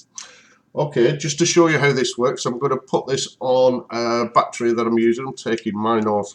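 The clickable airflow adjustment ring on the base of an Aspire Nautilus vape tank is turned to one of the larger air holes for a looser draw, and it clicks into its detent setting at 0.2 s. Someone then talks.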